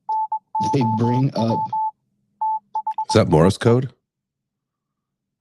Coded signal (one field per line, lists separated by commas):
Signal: Morse code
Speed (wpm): 20 wpm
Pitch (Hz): 870 Hz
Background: speech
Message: NOW THIE